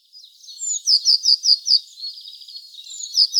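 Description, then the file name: Eurasian blue tit giving high thin notes, a whistle then a quick run of five sharp descending notes, with more high calls at the end. "Cyanistes caeruleus"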